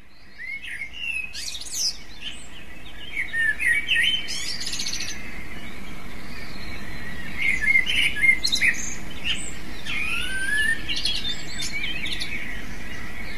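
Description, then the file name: Eurasian blackbird singing varied mellow whistled phrases with high squeaky endings, repeated every few seconds, one phrase sliding upward, against steady background noise. "merle"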